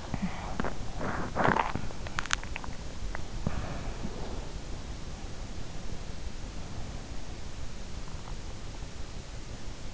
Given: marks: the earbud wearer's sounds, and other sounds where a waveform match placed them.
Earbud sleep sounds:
sounds in sleep by an in-ear microphone; teeth grinding
0.00-2.60 s: teeth grinding

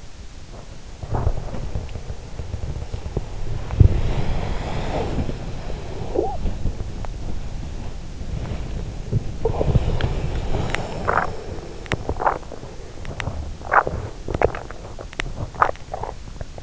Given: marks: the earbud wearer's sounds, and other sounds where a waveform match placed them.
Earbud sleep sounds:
sounds in sleep by an in-ear microphone; body movement
0.03-16.63 s: body movement

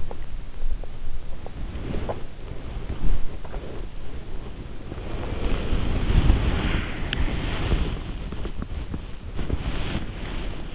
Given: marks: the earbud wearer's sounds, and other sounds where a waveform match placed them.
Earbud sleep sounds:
sounds in sleep by an in-ear microphone; teeth grinding, body movement
0.00-2.26 s: teeth grinding
2.65-10.75 s: body movement

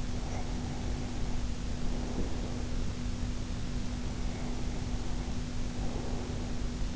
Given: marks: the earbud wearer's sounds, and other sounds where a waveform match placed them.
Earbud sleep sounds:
sounds in sleep by an in-ear microphone; breath
0.15-2.88 s: breath
4.12-6.96 s: breath

